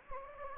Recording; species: mosquito wingbeat signal from an infrared sensor; Anopheles gambiae